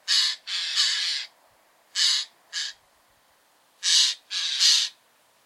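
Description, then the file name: Eurasian jay making harsh, noisy screeches in short groups, some calls drawn out and grating, separated by brief silences. "Garrulus glandarius"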